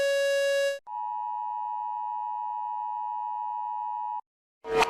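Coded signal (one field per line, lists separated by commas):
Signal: Emergency Alert System (SAME) tones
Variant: 853 and 960 Hz attention tone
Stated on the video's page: EAS alarm tones played reversed.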